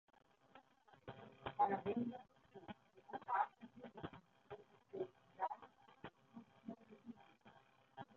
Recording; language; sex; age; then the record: short text; Brazilian Portuguese; female; 30 to 39 years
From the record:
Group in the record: control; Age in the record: 33 years